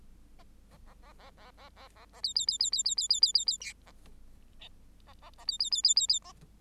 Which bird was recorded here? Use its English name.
Bengalese Finch